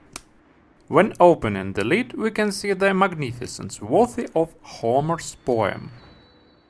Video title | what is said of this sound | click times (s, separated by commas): Sharp zaurus SL-C760 review. Linux in the pocket | При повороте нужно приложить определённое усилие, а при возврате в стандартное положение экран фиксируется с щелчком. | 0.2 s